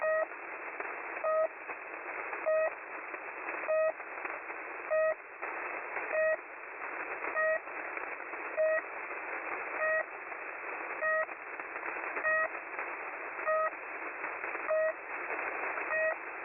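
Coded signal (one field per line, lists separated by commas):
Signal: channel marker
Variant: The Pip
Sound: about 13 short buzzy beeps, regularly spaced roughly 1.2 seconds apart, over hiss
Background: radio static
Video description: I noticed an unusual signal on top of the Russian frequency holder signal "The Pip" at 3756 kHz. It stopped just shortly after I tuned to that frequency and started up my screen recorder.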